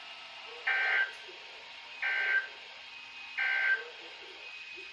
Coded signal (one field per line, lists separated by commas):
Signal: Emergency Alert System (SAME) tones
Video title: Floods, High Winds, and Thunder - Alerts from 2/11-16/25 (EAS #1472 - 1485)